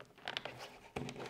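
A plastic side arm of an accessory head strap is pushed onto the side mount of an Oculus Quest 2 VR headset, with short handling knocks around it. Sharp clicks land at 0.4 s and 1.0 s, and the arm snaps into place, seated on the headset.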